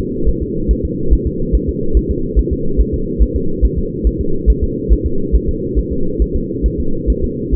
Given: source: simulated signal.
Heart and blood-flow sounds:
fetal heart sounds
0.29 s: S1
0.43 s: S2
0.71 s: S1
0.85 s: S2
1.13 s: S1
1.27 s: S2
1.55 s: S1
1.69 s: S2
1.97 s: S1
2.11 s: S2
2.39 s: S1
2.53 s: S2
2.81 s: S1
2.94 s: S2
3.22 s: S1
3.36 s: S2
3.65 s: S1
3.78 s: S2
4.07 s: S1
4.21 s: S2
4.50 s: S1
4.64 s: S2
4.93 s: S1
5.06 s: S2
5.36 s: S1
5.49 s: S2
5.79 s: S1
5.93 s: S2
6.22 s: S1
6.36 s: S2
6.66 s: S1
6.80 s: S2
7.10 s: S1
7.24 s: S2
7.55 s: S1
From the record:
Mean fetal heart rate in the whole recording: 140 bpm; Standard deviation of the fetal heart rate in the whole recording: 2 bpm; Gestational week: 34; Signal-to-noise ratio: -8.1 dB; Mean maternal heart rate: 72 bpm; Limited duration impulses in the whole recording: absent

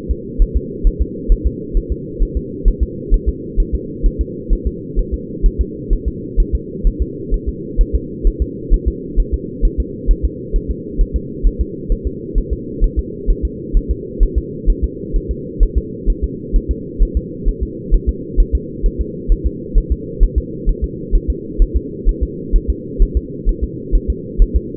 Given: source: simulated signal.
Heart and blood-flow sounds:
fetal heart sounds
0.11 s: S2
0.42 s: S1
0.57 s: S2
0.87 s: S1
1.02 s: S2
1.32 s: S1
1.47 s: S2
1.77 s: S1
1.92 s: S2
2.22 s: S1
2.37 s: S2
2.68 s: S1
2.83 s: S2
3.14 s: S1
3.28 s: S2
3.60 s: S1
3.75 s: S2
4.06 s: S1
4.21 s: S2
4.53 s: S1
4.67 s: S2
4.99 s: S1
5.14 s: S2
5.46 s: S1
5.61 s: S2
5.93 s: S1
6.08 s: S2
6.40 s: S1
6.55 s: S2
6.87 s: S1
7.02 s: S2
7.34 s: S1
7.49 s: S2
7.81 s: S1
7.95 s: S2
8.27 s: S1
8.42 s: S2
8.74 s: S1
8.88 s: S2
9.19 s: S1
9.34 s: S2
9.65 s: S1
9.80 s: S2
10.11 s: S1
10.25 s: S2
10.56 s: S1
10.71 s: S2
11.01 s: S1
11.16 s: S2
11.47 s: S1
11.61 s: S2
11.92 s: S1
12.07 s: S2
12.38 s: S1
12.53 s: S2
12.84 s: S1
12.99 s: S2
13.30 s: S1
13.45 s: S2
13.77 s: S1
13.91 s: S2
14.23 s: S1
14.38 s: S2
14.70 s: S1
14.84 s: S2
15.16 s: S1
15.31 s: S2
15.63 s: S1
15.78 s: S2
16.10 s: S1
16.24 s: S2
16.56 s: S1
16.71 s: S2
17.03 s: S1
17.17 s: S2
17.49 s: S1
17.63 s: S2
17.94 s: S1
18.09 s: S2
18.40 s: S1
18.55 s: S2
18.86 s: S1
19.01 s: S2
19.32 s: S1
19.47 s: S2
19.78 s: S1
19.92 s: S2
20.23 s: S1
20.38 s: S2
20.69 s: S1
20.84 s: S2
21.15 s: S1
21.30 s: S2
21.62 s: S1
21.77 s: S2
22.09 s: S1
22.23 s: S2
22.56 s: S1
22.70 s: S2
23.02 s: S1
23.17 s: S2
23.49 s: S1
23.64 s: S2
23.95 s: S1
24.10 s: S2
24.42 s: S1
24.56 s: S2
From the record:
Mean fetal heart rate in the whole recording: 130 bpm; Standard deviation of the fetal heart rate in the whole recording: 2 bpm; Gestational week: 38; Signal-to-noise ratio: -4.1 dB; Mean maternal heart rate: no maternal heart sound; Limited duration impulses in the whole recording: absent

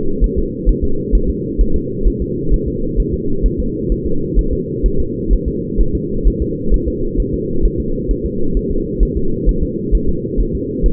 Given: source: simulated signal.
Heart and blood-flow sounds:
fetal heart sounds
0.24 s: S1
0.38 s: S2
0.69 s: S1
0.84 s: S2
1.15 s: S1
1.30 s: S2
1.61 s: S1
1.76 s: S2
2.08 s: S1
2.22 s: S2
2.54 s: S1
2.68 s: S2
3.00 s: S1
3.14 s: S2
3.46 s: S1
3.60 s: S2
3.92 s: S1
4.06 s: S2
4.39 s: S1
4.53 s: S2
4.86 s: S1
5.00 s: S2
5.33 s: S1
5.48 s: S2
5.81 s: S1
5.95 s: S2
6.27 s: S1
6.42 s: S2
6.74 s: S1
6.88 s: S2
7.20 s: S1
7.34 s: S2
7.65 s: S1
7.80 s: S2
8.11 s: S1
8.26 s: S2
8.57 s: S1
8.71 s: S2
9.03 s: S1
9.17 s: S2
9.49 s: S1
9.63 s: S2
9.95 s: S1
10.09 s: S2
10.40 s: S1
10.55 s: S2
10.86 s: S1
From the record:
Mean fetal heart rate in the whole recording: 130 bpm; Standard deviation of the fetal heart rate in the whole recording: 2 bpm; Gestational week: 36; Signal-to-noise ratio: -8.1 dB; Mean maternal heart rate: 72 bpm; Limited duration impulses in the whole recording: absent

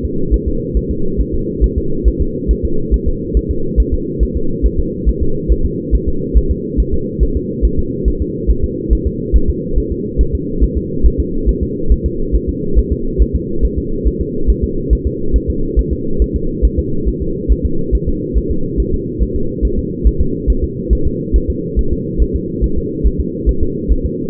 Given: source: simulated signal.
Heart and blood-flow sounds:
fetal heart sounds
0.05 s: S2
0.34 s: S1
0.48 s: S2
0.77 s: S1
0.91 s: S2
1.21 s: S1
1.34 s: S2
1.64 s: S1
1.78 s: S2
2.08 s: S1
2.21 s: S2
2.51 s: S1
2.65 s: S2
2.94 s: S1
3.08 s: S2
3.37 s: S1
3.51 s: S2
3.80 s: S1
3.94 s: S2
4.23 s: S1
4.37 s: S2
4.66 s: S1
4.79 s: S2
5.09 s: S1
5.22 s: S2
5.52 s: S1
5.66 s: S2
5.95 s: S1
6.08 s: S2
6.38 s: S1
6.51 s: S2
6.80 s: S1
6.94 s: S2
7.23 s: S1
7.37 s: S2
7.65 s: S1
7.79 s: S2
8.08 s: S1
8.22 s: S2
8.50 s: S1
8.64 s: S2
8.93 s: S1
9.07 s: S2
9.36 s: S1
9.50 s: S2
9.78 s: S1
9.92 s: S2
10.21 s: S1
10.35 s: S2
10.64 s: S1
10.77 s: S2
11.06 s: S1
11.20 s: S2
11.49 s: S1
11.63 s: S2
11.92 s: S1
12.06 s: S2
12.35 s: S1
12.49 s: S2
12.79 s: S1
12.93 s: S2
13.22 s: S1
13.35 s: S2
13.65 s: S1
13.78 s: S2
14.07 s: S1
14.21 s: S2
14.50 s: S1
14.64 s: S2
14.93 s: S1
15.07 s: S2
15.36 s: S1
15.50 s: S2
15.79 s: S1
15.93 s: S2
16.22 s: S1
16.36 s: S2
16.65 s: S1
16.79 s: S2
17.08 s: S1
17.22 s: S2
17.52 s: S1
17.66 s: S2
17.95 s: S1
18.09 s: S2
18.38 s: S1
18.51 s: S2
18.80 s: S1
18.94 s: S2
19.22 s: S1
19.36 s: S2
19.65 s: S1
19.79 s: S2
20.07 s: S1
20.21 s: S2
20.50 s: S1
20.64 s: S2
20.93 s: S1
21.07 s: S2
21.36 s: S1
21.50 s: S2
21.79 s: S1
21.93 s: S2
22.22 s: S1
22.36 s: S2
22.64 s: S1
22.78 s: S2
23.06 s: S1
23.20 s: S2
23.49 s: S1
23.63 s: S2
23.92 s: S1
24.06 s: S2
From the record:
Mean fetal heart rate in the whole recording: 140 bpm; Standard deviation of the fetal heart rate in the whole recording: 2 bpm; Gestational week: 34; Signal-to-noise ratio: -8.1 dB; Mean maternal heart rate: 72 bpm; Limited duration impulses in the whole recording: absent

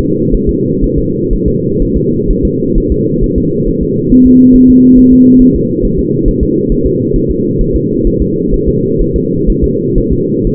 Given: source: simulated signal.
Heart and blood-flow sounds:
fetal heart sounds
0.34 s: S1
0.49 s: S2
0.84 s: S1
0.98 s: S2
1.33 s: S1
1.48 s: S2
1.82 s: S1
1.97 s: S2
2.30 s: S1
2.45 s: S2
2.78 s: S1
2.92 s: S2
3.23 s: S1
3.38 s: S2
3.68 s: S1
3.83 s: S2
4.12 s: S1
4.27 s: S2
4.55 s: S1
4.70 s: S2
4.99 s: S1
5.13 s: S2
5.42 s: S1
5.56 s: S2
5.85 s: S1
5.99 s: S2
6.28 s: S1
6.43 s: S2
6.72 s: S1
6.86 s: S2
7.16 s: S1
7.31 s: S2
7.61 s: S1
7.76 s: S2
8.07 s: S1
8.22 s: S2
8.54 s: S1
8.68 s: S2
9.02 s: S1
9.16 s: S2
9.49 s: S1
9.64 s: S2
9.98 s: S1
10.12 s: S2
10.47 s: S1
From the record:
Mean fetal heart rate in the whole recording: 130 bpm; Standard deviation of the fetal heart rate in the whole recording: 4 bpm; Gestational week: 38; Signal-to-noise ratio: -11.2 dB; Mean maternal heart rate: 72 bpm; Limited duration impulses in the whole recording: present

